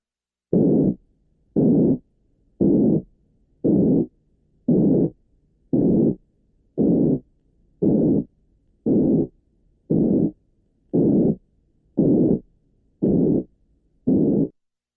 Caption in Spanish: Si tomamos una banda comprendida entre 180 y 460 ciclos, obtenemos el soplo áspero que asociamos con la estenosis aórtica y pulmonar.